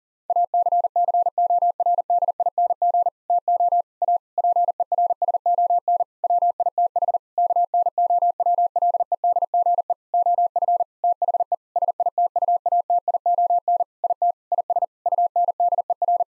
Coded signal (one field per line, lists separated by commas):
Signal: Morse code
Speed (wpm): 40 wpm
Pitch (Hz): 700 Hz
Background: none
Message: ACCORDING TO A PERSON WITH KNOWLEDGE OF THE SITUATION IT IS UNDER